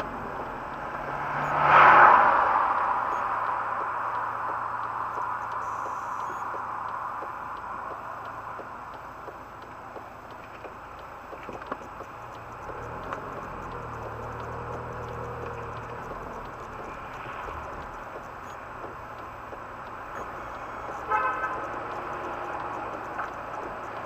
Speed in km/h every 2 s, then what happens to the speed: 16, 10, 1, 1, 1, 1, 1, 4, 6, 4, 5, 1.
0-4 brakes to 1. 4-13 standing. 13-24 steady at about 4.